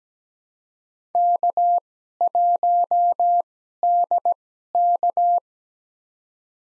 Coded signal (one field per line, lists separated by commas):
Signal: Morse code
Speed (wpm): 17 wpm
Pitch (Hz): 700 Hz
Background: none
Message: K1DK